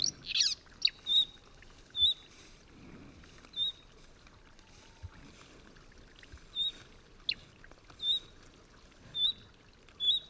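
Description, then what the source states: Marsh Warbler song: after a brief burst of harsh high notes, short thin whistled notes repeat at irregular intervals, with quiet pauses between. Night song from a small willow in a meadow pasture at 3:38 a.m. by moonlight; Vercors, France, 28 May 2020; newly arrived; males sing at night to attract a female; Nagra Seven, MKH40.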